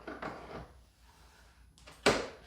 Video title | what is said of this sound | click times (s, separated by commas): 2020 Samsung TU8000 Crystal UHD 4K TV Review | and hear that click that's it it's in place it's as simple as that | 2.1 s